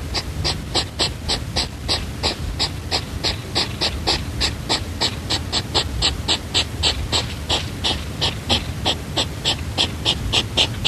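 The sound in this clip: European hedgehog snorting and sniffing, rapid breathy puffs roughly three to four a second, sustained without pause, some louder than others, with faint low rumble beneath.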